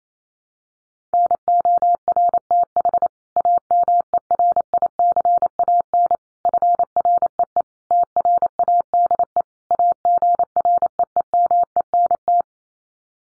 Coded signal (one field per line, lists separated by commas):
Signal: Morse code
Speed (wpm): 28 wpm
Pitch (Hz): 700 Hz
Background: none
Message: NORTH AMERICAN FREE TRADE AGREEMENT